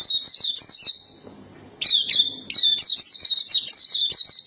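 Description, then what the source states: Nightingale song in high chattering phrases, a brief pause, then quick repeated sharp notes in a lively run. Masteran recording, a tutor track played to teach captive songbirds to sing.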